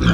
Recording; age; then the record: pig call; growing-finishing pig (85 days or more)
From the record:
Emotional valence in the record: negative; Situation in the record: barren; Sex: female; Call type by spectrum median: low-frequency call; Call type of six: low-frequency stable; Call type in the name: low-frequency stable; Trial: 3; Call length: 0.14 s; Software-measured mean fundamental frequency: 59 Hz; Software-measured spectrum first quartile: 146 Hz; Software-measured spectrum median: 338 Hz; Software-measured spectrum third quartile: 1590 Hz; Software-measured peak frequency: 178 Hz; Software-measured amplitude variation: 136 dB a second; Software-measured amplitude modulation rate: 20.6 a second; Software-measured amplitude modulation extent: 6.6 dB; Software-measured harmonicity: 2.8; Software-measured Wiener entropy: -2.30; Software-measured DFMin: 1002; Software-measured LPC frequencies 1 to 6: 1442, 2515, 3232, 3750, 4746, 5541 Hz